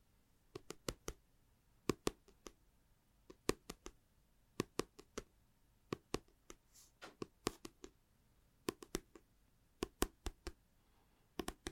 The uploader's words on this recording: Une session ASMR basée sur le Tapping.